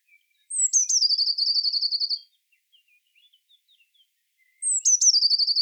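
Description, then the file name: Eurasian blue tit giving a sharp, high introductory note and a long, rapid trill, with soft faint chips between, then the same phrase starting again. "Cyanistes caeruleus"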